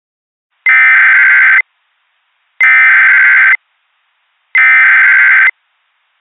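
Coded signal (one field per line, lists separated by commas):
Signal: Emergency Alert System (SAME) tones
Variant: header bursts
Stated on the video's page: Fictional zombie-virus EAS scenario, a recreation.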